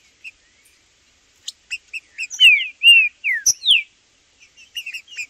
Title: Seu TRINCA Piando, Cantando E Macheando Na DISPUTA. Trinca Ferro no MATO Cantando e Macheando muito com Solto! Blindado e Tufão no mato